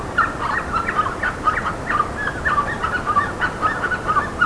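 Bird calls, quick squawking notes crowding together without pause, over faint hiss.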